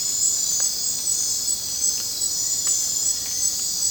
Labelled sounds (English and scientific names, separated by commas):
none